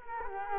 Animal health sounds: mosquito wingbeat signal from an infrared sensor; Culex quinquefasciatus

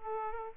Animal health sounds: mosquito wingbeat signal from an infrared sensor; Aedes aegypti

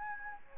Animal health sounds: mosquito wingbeat signal from an infrared sensor; Anopheles gambiae

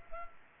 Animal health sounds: mosquito wingbeat signal from an infrared sensor; Culex pipiens

